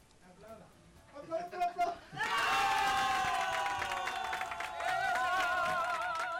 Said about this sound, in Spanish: Aplausos. Un aplauso ahí.